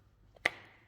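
An ignition coil, with its plastic boot and connector, is pushed down by hand onto a newly installed spark plug in an S600 engine during a spark plug change. A faint tick at about 0.4 s is followed by a loud, sharp snap at 0.5 s, which then rings briefly around 2 kHz. The coil is confirmed seated on the plug.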